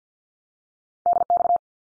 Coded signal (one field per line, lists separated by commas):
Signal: Morse code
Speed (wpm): 50 wpm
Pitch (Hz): 700 Hz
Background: none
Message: DX